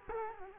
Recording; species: mosquito wingbeat signal from an infrared sensor; Culex quinquefasciatus